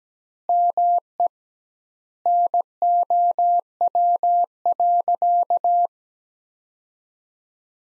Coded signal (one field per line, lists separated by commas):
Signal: Morse code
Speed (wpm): 17 wpm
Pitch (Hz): 700 Hz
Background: none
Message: ME NOW.